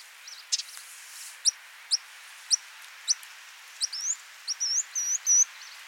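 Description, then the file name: Ruby-crowned kinglet: evenly spaced sharp high notes about every half second, then a quicker run of rising, warbled high phrases. "Regulus calendula - Ruby-crowned Kinglet"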